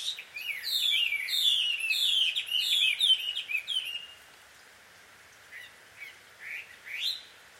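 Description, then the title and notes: Bird chatter, a dense rapid run of bright squeaky notes lasting about four seconds, then silence broken by a few isolated rising chirps. Birds described as a quarrelling couple, heard at dusk; field recording made in Takao, Japan. "鳥の夫婦喧嘩 – Birds Quarrel At Dusk. Recorded in Takao Japan"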